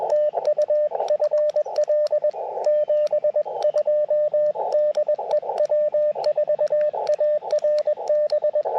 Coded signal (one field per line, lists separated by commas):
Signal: Morse code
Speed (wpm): 20 wpm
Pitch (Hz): 600 Hz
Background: radio noise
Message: TU FL 72 DE W4ARB